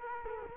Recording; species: mosquito wingbeat signal from an infrared sensor; Culex quinquefasciatus